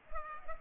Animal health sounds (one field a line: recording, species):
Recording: mosquito wingbeat signal from an infrared sensor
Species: Culex pipiens